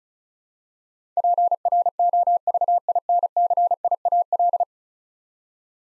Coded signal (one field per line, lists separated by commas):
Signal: Morse code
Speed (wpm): 36 wpm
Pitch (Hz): 700 Hz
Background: none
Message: PROVINCIAL